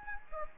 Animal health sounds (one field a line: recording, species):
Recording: mosquito wingbeat signal from an infrared sensor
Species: Anopheles gambiae